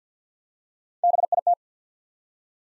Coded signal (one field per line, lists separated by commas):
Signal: Morse code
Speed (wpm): 50 wpm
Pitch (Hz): 700 Hz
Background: none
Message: BIT